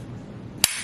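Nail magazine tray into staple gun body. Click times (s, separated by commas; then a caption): 0.6 s. After being loaded with brad nails, the spring-loaded magazine tray of a HART heavy-duty 4-in-1 staple gun is pushed back into the gun body until it latches. Over a quiet low background, a single sharp, short click sounds at 0.6 s. The tray is seated and latched shut.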